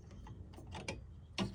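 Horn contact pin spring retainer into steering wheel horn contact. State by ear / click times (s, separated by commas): not seated / none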